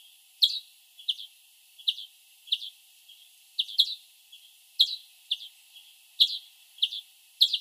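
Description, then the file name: European greenfinch calls: lively series of short chirps and double notes, irregularly spaced, some louder and some softer, over quiet background. "Chloris chloris"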